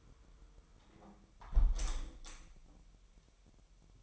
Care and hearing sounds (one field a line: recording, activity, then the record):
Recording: daily activity, microphone in the room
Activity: close window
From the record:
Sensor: 1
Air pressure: 999.9 hPa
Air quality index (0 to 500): 236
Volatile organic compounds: 107 ppm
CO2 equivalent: 3798 ppm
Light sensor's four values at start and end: 11/26/10/11 and 10/25/10/11